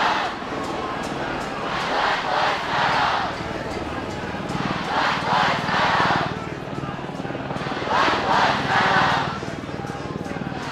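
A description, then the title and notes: A street protest with a crowd chanting in unison, the voices swelling in loud rhythmic bursts around two, five to six, and eight to nine seconds. Between the chants a dense murmur of many people continues, over a steady low rumble like traffic. This edited audio piece is from the Saturday 6 June Aboriginal and Black Lives Matter protest in Sydney, Australia.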